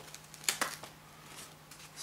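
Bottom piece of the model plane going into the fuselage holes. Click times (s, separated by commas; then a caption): 0.5 s. The bottom piece of a foam RC biplane is pushed into two holes in the fuselage during assembly. A sharp, bright snap at 0.5 s is quickly followed by a second, softer hit, among faint ticks and handling rustle. The piece snaps in and is seated.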